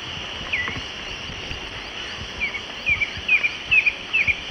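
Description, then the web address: Stripe-chested Antwren song, a series of paired short downslurred notes repeated about twice a second, growing louder, over a high insect hum. Ecuador. "Natures Songs S America Birds of Ecuador Stripe-chested Antwren"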